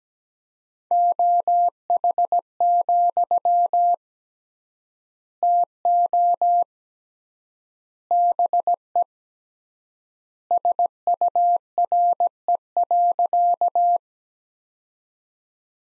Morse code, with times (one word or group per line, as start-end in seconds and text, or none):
0.9-3.9 OH,
5.4-6.6 TO
8.1-9.0 BE
10.5-14.0 SURE.